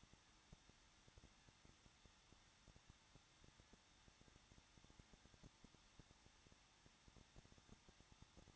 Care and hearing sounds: daily activity, microphone in the room; no activity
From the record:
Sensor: 3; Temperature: 21.2 degrees Celsius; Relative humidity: 36.4%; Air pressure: 1006.3 hPa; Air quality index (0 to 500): 222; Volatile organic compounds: 41 ppm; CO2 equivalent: 3172 ppm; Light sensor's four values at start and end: 2/3/2/2 and 2/3/2/2

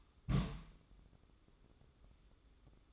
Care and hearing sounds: daily activity, microphone in the room; place on stove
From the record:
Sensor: 3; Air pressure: 995.4 hPa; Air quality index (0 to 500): 85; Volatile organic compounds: 8 ppm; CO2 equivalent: 2067 ppm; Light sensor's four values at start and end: 26/79/33/28 and 26/79/33/28

